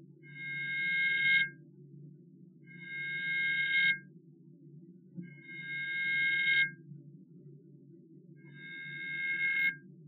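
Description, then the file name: Kivu clawed frog calling: ringing, buzzy trills about a second long, repeated four times every few seconds over a steady low hum. "Xenopus vestitus"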